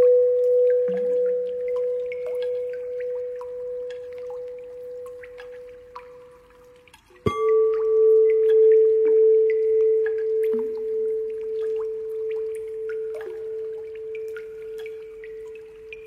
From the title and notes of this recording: Singing bowl healing Bowl sound water drops Reverberating sound lingering.